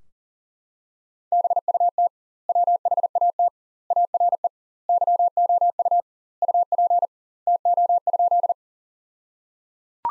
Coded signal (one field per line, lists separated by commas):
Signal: Morse code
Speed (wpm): 37 wpm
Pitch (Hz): 700 Hz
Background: none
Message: BUT WHAT ARE YOU UP TO?